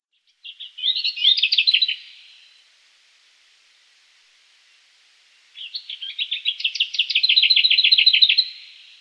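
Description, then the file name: Lesser whitethroat singing twice, each time a brief chattering warble; the second phrase runs into a longer, steady rattle of quick repeated notes. "Slavka zavirushka"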